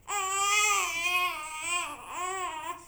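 A single sustained infant cry about three seconds long, pitched near 400 Hz with bright, strong overtones. The pitch sags briefly in the middle before rising again. It is an ordinary infant cry, used as a sound in a Fisher-Price toy product.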